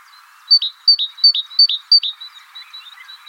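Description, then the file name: Great tit repeating a bright two-part phrase five times in quick succession, high note then lower note, with soft bird twitters afterward. "Parus major"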